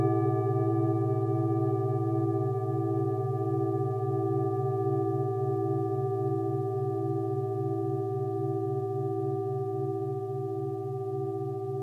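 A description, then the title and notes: A singing bowl rings on steadily, its deep hum and several clear, higher overtones sustained throughout without fading. A slow, regular wavering pulses through the tone, roughly twice a second, as the bowl's pitches beat against each other. No other sounds intrude. Singing Bowls.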